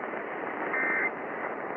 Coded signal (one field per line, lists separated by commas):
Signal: Emergency Alert System (SAME) tones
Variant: end-of-message bursts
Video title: Ohio EAS Required Monthly Test (December 11, 2019)